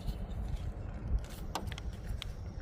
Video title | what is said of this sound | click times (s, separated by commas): DIY HOW TO REPLACE REAR WIPER BLADE ON 2003 HONDA PILOT 3.5L ENGINE - KIKOY YOUTUBE TV | Kailangan magla-lock to. Ayun, nag-lock na. | 1.6 s